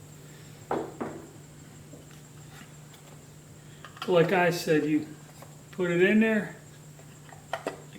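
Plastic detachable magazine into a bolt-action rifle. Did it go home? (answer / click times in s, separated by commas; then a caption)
yes / 7.5 s. A plastic detachable magazine is pushed into the magazine well of a T/C Compass bolt-action rifle in .308 Win while someone talks. It locks with a sharp, audible click at 7.5 s, and the magazine is seated.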